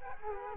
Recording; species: mosquito wingbeat signal from an infrared sensor; Culex quinquefasciatus